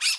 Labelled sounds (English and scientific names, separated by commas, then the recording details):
Brown-throated Parakeet (Eupsittula pertinax) contact call
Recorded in Bonaire
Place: just S of turnoff to Cai, near Lac Bay
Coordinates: 12.126, -68.239